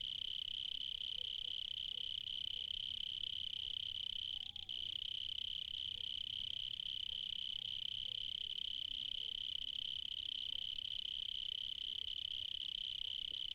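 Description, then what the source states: Cricket song, sustained shrill trill with a brief break midway, faint low background hum. Recorded in the evening in Spain.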